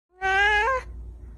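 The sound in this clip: Animal call: one drawn-out, slightly rising, meow-like cry lasting about half a second, then quiet.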